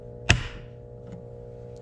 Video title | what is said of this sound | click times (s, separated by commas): Husqvarna Chainsaw Review - 455 Rancher | and you'll hear it click into place just like that | 0.3 s